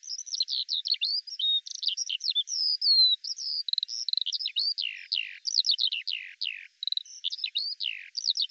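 Eurasian skylark in full song, delivering a rapid, varied run of high chirps, buzzy trills and falling slurs with scarcely a break, the background otherwise silent.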